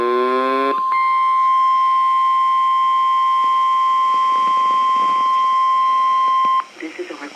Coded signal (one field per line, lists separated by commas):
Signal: Emergency Alert System (SAME) tones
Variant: 1050 Hz attention tone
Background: speech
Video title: backlog cleanup | (EAS #1430 - 1477)